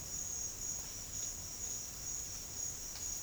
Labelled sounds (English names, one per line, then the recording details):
none
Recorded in dense forest near Puerto Asís, Putumayo, Colombia, on 13 March 2025 at 10:30
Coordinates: 0.484, -76.325
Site G045